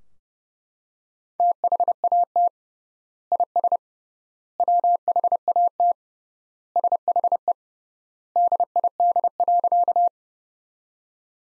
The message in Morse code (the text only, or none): THAT IS WHAT SHE DID.